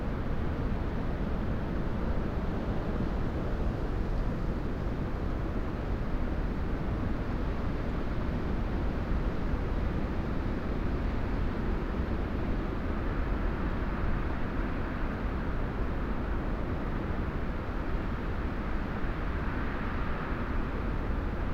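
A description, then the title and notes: Strong winter gales roar through upland woods in a dense, unbroken rush, heavy and deep with little high-pitched detail. The roar stays steady throughout, with a brighter, hissing swell of wind in the trees building near the end. Upland woods in winter gales. Outcrops of woodland can be heard singing together in strong winter gales. Where three audibly separate outcrops of trees can be heard all at once, all catching and turning the wind into sound. We made this recording at the end of December, leaving the Lento box alone and overnight, whilst up in the Peak District.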